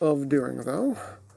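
Someone talks while handling a plastic Transformers Studio Series Core Starscream (Bumblebee Movie) robot toy mid-transformation, working a panel's plastic tabs toward their notches on the action figure's body. Only the talking is heard, with no distinct clicks. Nothing has seated or snapped into place yet.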